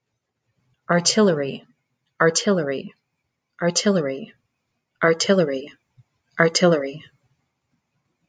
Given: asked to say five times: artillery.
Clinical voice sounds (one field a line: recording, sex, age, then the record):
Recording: repeated word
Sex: female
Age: 40 to 49 years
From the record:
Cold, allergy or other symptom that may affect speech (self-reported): no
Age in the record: 40 years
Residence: Arizona, United States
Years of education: 14